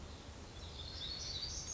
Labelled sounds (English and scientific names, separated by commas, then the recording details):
Black-throated Gray Warbler (Setophaga nigrescens)
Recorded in Sonoma County, California